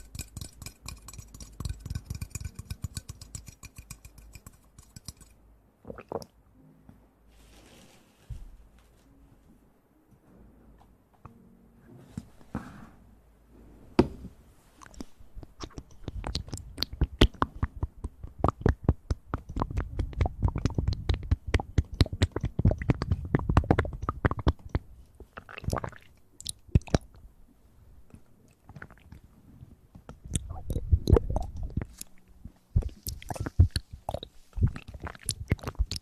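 Ear eating sounds: wet mouth clicks, smacks and squishes arriving in quick irregular bursts. Sparse after a crackly opening, they thicken from about fifteen seconds with muffled low thumps and rubbing, loudest around twenty to twenty-five seconds and again near thirty-one.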